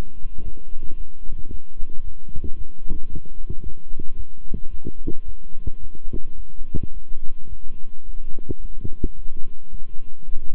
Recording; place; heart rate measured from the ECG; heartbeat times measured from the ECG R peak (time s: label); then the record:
heart sounds by stethoscope; between the tricuspid and mitral areas; 110 bpm
0.43 s: heartbeat
0.96 s: heartbeat
1.49 s: heartbeat
2.03 s: heartbeat
2.56 s: heartbeat
3.09 s: heartbeat
3.61 s: heartbeat
4.15 s: heartbeat
4.69 s: heartbeat
5.24 s: heartbeat
5.79 s: heartbeat
6.35 s: heartbeat
6.92 s: heartbeat
7.48 s: heartbeat
8.05 s: heartbeat
8.60 s: heartbeat
9.15 s: heartbeat
9.70 s: heartbeat
10.25 s: heartbeat
From the record:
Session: walking at 3.7 km/h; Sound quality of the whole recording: good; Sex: male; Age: 26 years